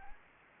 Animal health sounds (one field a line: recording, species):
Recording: mosquito wingbeat signal from an infrared sensor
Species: Anopheles gambiae